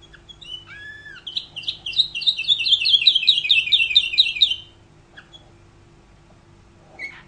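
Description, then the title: Canary song: a clear whistled note, then a rapid rolling trill of sharp chirps lasting about three seconds, followed by quiet and a faint chirp at the end. "Kenari"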